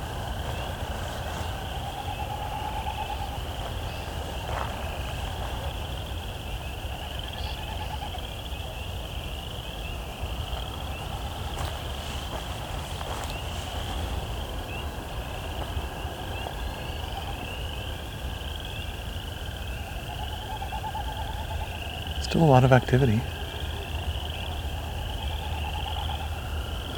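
An evening chorus at sunset: a steady, pulsing trill of frogs or insects runs high through the whole clip over a low constant rumble. Faint calls rise and fade in the middle, and a brief louder chirping burst comes around 22 seconds.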